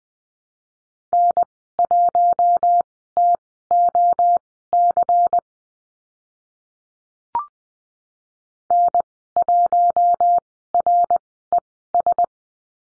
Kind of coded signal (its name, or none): Morse code